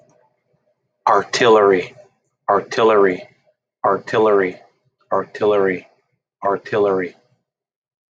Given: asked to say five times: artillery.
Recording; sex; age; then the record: repeated word; male; 30 to 39 years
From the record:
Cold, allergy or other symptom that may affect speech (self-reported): no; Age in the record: 36 years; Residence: Pennsylvania, United States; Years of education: 16